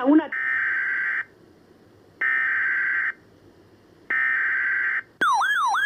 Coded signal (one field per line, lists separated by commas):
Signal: Emergency Alert System (SAME) tones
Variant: header bursts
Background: speech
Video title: [EAS #211] Flash Flood Warning (Spanish) NEW VOICE